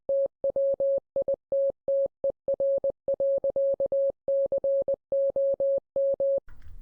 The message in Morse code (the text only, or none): TWITTER.COM